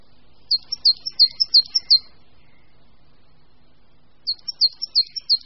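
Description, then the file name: Coal tit song: two bursts of quick, high, repeated two-note phrases, several notes each, separated by a pause of about two seconds over faint low background noise. "Sýkora-uhelníček"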